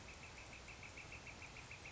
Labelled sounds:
Northern Flicker (Colaptes auratus)
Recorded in Sonoma County, California

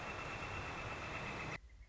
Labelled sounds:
Northern Flicker (Colaptes auratus)
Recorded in Sonoma County, California

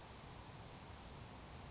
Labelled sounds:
Grasshopper Sparrow (Ammodramus savannarum)
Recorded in Sonoma County, California

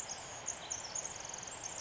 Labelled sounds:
Pacific Wren (Troglodytes pacificus)
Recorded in Sonoma County, California

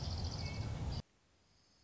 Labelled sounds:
Orange-crowned Warbler (Leiothlypis celata)
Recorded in Sonoma County, California

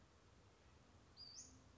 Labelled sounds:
Western Flycatcher (Empidonax difficilis)
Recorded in Sonoma County, California

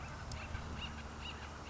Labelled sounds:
Acorn Woodpecker (Melanerpes formicivorus)
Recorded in Sonoma County, California

